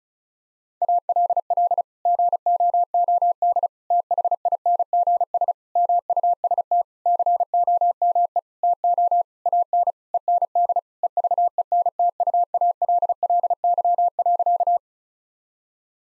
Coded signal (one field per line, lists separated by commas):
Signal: Morse code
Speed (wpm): 36 wpm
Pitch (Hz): 700 Hz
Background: none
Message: ALL GOOD THINGS MUST COME TO AN END EVENTUALLY.